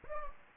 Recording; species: mosquito wingbeat signal from an infrared sensor; Anopheles gambiae